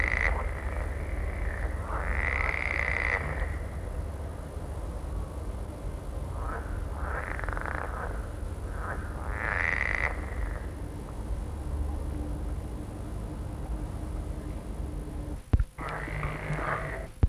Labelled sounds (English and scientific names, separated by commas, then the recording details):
Green Toad (Bufo viridis) call
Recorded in the wild
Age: adult
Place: Berlin, OT Blankenfelde, Berlin, DE
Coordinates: 52.6261, 13.3917
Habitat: pond
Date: 1962-06-09 22:30
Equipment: Minifon, Kopie Smaragd
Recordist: Tembrock, Günter